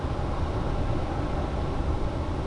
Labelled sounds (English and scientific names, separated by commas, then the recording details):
none
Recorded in Germany
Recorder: ecoPi